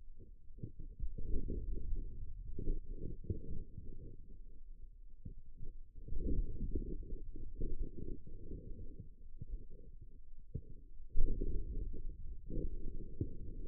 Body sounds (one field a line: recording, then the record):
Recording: forearm muscle sounds (acoustic myography)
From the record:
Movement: inward rotation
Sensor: system 2, bracelet of six BSWA MPA416 microphones around the upper forearm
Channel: 4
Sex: male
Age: 22 years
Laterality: right